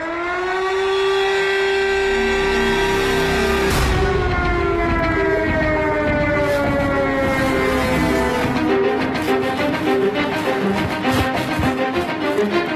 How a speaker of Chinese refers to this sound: 防空警报啊，成为了家常便饭，下防空洞也已经是云南昆明的老百姓们手腕的保命技能。